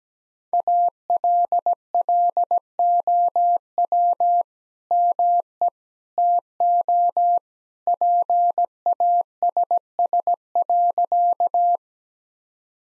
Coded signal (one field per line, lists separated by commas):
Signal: Morse code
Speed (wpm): 17 wpm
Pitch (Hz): 700 Hz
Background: none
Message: ALLOW ME TO PASS.